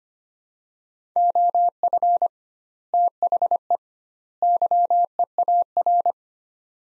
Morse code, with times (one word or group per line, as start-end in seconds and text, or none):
1.2-2.3 OF
2.9-3.8 THE
4.4-6.1 YEAR